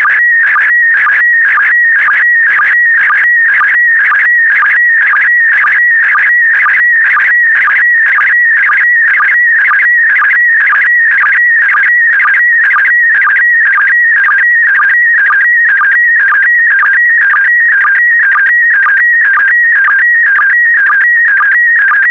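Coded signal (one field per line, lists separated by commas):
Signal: SSTV (slow-scan television)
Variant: PD120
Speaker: five four three two one i it so it so transmission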